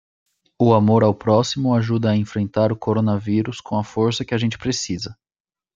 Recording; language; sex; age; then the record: spoken sentence; Brazilian Portuguese; male; 30 to 39 years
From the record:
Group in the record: control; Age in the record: 31 years